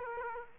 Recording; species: mosquito wingbeat signal from an infrared sensor; Aedes aegypti